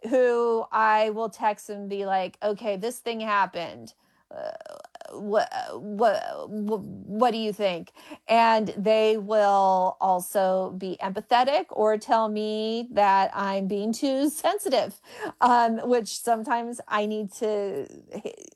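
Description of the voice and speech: An adult woman who stutters speaks conversationally, with a stretched opening sound, a creaky held vowel and repeated 'wh-' syllables before 'what', plus further drawn-out sounds and pauses between fluent runs. These prolongations, part-word repetitions and blocks are typical of stuttering.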